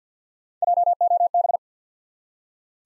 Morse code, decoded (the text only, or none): J O B